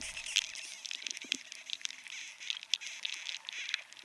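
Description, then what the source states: Beetle feeding sounds: a dense, dry crackle of fast ticks and clicks with a few louder snaps. Beetles feeding inside piñon pines in New Mexico, damaging the trees; recorded by David Dunn.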